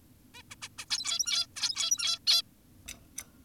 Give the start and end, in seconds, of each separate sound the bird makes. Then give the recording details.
0.34-0.42, 0.51-0.55, 0.62-0.69, 0.78-0.85, 0.90-1.47, 1.56-2.19, 2.27-2.42. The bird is an adult. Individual g17y2U